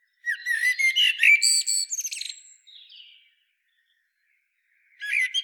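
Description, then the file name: Common blackbird giving a long phrase of warbling whistles and harsh twitters, then silence, then a short squeaky burst. "Turdus merula"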